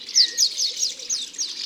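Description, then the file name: Common house martin calls: a quick series of several dry chirrups, each a brief downward-sliding note. "Hirondelle de fenetre ABC des chants doiseaux"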